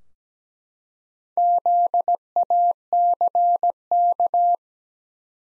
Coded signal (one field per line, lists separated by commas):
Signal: Morse code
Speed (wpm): 17 wpm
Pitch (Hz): 700 Hz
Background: none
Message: ZACK